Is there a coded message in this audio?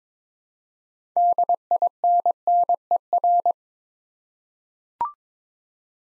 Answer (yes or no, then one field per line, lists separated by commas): yes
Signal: Morse code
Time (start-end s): 1.2-3.5 s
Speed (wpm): 22 wpm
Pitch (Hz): 700 Hz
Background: none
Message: DINNER